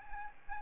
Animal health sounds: mosquito wingbeat signal from an infrared sensor; Aedes albopictus

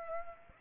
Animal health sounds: mosquito wingbeat signal from an infrared sensor; Aedes aegypti

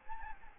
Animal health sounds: mosquito wingbeat signal from an infrared sensor; Aedes albopictus

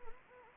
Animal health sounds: mosquito wingbeat signal from an infrared sensor; Anopheles arabiensis

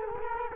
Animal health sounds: mosquito wingbeat signal from an infrared sensor; Culex quinquefasciatus

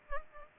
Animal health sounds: mosquito wingbeat signal from an infrared sensor; Culex pipiens

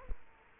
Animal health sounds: mosquito wingbeat signal from an infrared sensor; Culex quinquefasciatus

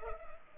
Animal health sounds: mosquito wingbeat signal from an infrared sensor; Culex pipiens

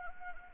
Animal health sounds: mosquito wingbeat signal from an infrared sensor; Anopheles gambiae

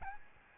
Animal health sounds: mosquito wingbeat signal from an infrared sensor; Aedes albopictus

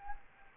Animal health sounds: mosquito wingbeat signal from an infrared sensor; Anopheles arabiensis

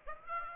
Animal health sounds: mosquito wingbeat signal from an infrared sensor; Aedes aegypti

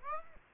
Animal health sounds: mosquito wingbeat signal from an infrared sensor; Aedes aegypti

